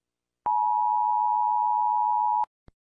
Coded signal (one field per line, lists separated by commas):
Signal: Emergency Alert System (SAME) tones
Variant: 853 and 960 Hz attention tone